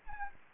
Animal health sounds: mosquito wingbeat signal from an infrared sensor; Anopheles gambiae

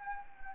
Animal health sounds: mosquito wingbeat signal from an infrared sensor; Anopheles gambiae

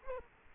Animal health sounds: mosquito wingbeat signal from an infrared sensor; Culex quinquefasciatus

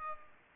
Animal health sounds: mosquito wingbeat signal from an infrared sensor; Aedes aegypti

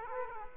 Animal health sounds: mosquito wingbeat signal from an infrared sensor; Aedes aegypti

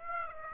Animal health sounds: mosquito wingbeat signal from an infrared sensor; Aedes aegypti

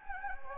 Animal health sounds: mosquito wingbeat signal from an infrared sensor; Anopheles gambiae

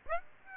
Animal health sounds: mosquito wingbeat signal from an infrared sensor; Aedes aegypti

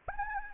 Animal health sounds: mosquito wingbeat signal from an infrared sensor; Anopheles gambiae

